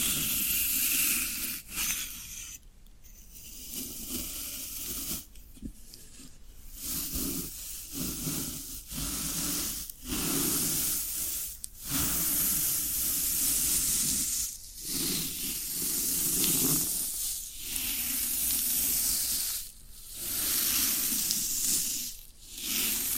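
Floral foam being worked produces a dense, bright hiss with a crackling, sizzling grain, steady for a few seconds at a time. The texture is broken by brief silent breaks every couple of seconds, about ten across the clip, before the scratchy rustling resumes.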